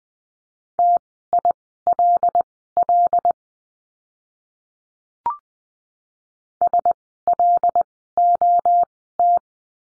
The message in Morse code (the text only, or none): TILL SLOT